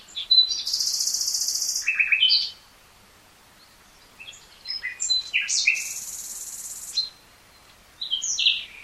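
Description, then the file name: Common nightingale song: loud high buzzing trills alternating with lower chirps, in phrases separated by pauses. "Luscinia megarhynchos"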